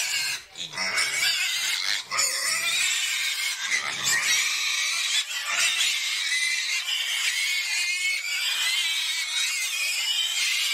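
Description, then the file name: Pig squeals, loud and shrill, running almost nonstop with rising and falling harmonic tones; a few low grunts and breathy gaps come early on. "Tieng heo keu"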